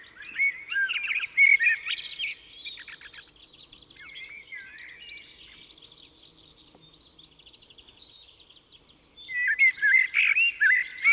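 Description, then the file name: Common blackbird singing a loud fluty phrase early on, then a quieter stretch of high twittering, before another loud warbled burst at the end. "Turdus merula"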